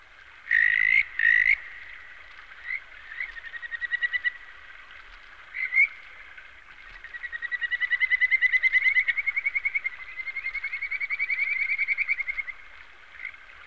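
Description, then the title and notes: Frog chorus opening with two loud upswept calls, then overlapping pulsed trills and repeated short croaks that rise and fade in waves. "NHK Sound Effects Collection - 3-Frogs. NHK効果音集 - 3-カエル"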